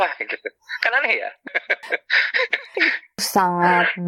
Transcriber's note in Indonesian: tertawa